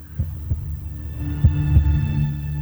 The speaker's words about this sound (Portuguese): O que tem uma música com o coração batendo no fundo?